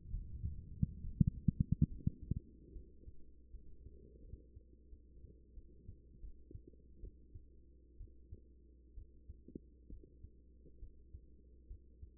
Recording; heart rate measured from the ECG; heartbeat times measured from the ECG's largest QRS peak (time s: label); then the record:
heart sounds by stethoscope; 73 bpm
0.10 s: heartbeat
1.00 s: heartbeat
1.87 s: heartbeat
2.72 s: heartbeat
3.50 s: heartbeat
4.21 s: heartbeat
4.89 s: heartbeat
5.54 s: heartbeat
6.20 s: heartbeat
7.00 s: heartbeat
7.97 s: heartbeat
8.94 s: heartbeat
9.89 s: heartbeat
10.79 s: heartbeat
11.67 s: heartbeat
From the record:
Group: healthy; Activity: breath hold 0-1 s, rest 1-12 s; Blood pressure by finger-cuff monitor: 118/75 mmHg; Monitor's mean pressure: 90 mmHg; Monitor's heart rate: 70 bpm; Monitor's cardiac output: 5.3 L/min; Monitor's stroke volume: 78 mL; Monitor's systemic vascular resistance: 1220 dyn s/cm5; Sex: female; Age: 24 years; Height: 163 cm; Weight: 55.7 kg